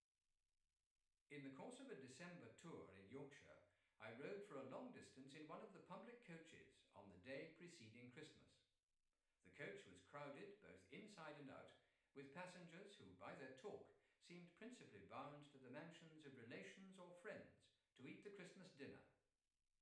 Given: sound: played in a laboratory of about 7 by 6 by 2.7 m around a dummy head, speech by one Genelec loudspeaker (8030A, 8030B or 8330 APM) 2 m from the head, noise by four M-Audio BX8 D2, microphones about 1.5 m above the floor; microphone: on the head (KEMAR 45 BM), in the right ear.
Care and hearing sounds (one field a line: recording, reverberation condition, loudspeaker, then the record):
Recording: male speech in English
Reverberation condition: medium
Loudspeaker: 150 degrees to the right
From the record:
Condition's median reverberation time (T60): about 510 ms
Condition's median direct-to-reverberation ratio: about -0.5 dB